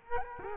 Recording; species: mosquito wingbeat signal from an infrared sensor; Culex quinquefasciatus